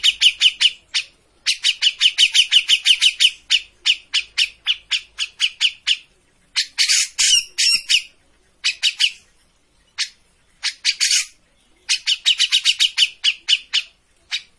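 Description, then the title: Grey-cheeked bulbul delivering long volleys of rapid, rattling notes, several per second, broken by short pauses and a couple of harsher rasping bursts. Singing continuously (gacor); used as a master for bird training. "Cucak Jenggot Gacor. Masteran burung cucak jenggot ! Suaka burung"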